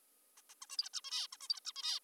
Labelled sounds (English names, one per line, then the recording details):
Zebra Finch
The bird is an adult
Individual g19o3U